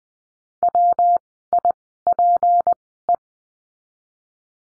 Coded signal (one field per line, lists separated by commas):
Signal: Morse code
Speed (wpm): 20 wpm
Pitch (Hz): 700 Hz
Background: none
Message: WIPE